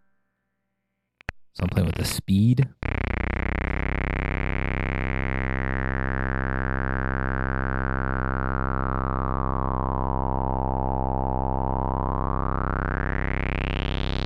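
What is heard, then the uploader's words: A steady buzzing square-wave tone follows a brief spoken burst, its bright overtones sweeping slowly down then rising sharply near the end. Playing with Square Waves. Modules used: Bastl ABC mixer, Befaco Rampage, Even VCO, Pico RND, Make Noise Maths, Morphagene, 0-coast, Ornament and Crime, Zlob SVF, Diode Chaos, Mutable Instruments Clouds.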